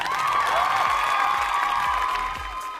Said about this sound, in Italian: Mi facciamo partire l'applauso, io lo faccio risentire praticamente tutti i giorni, perché è talmente lineare il ragionamento. Dai, vai con l'applauso. Vai.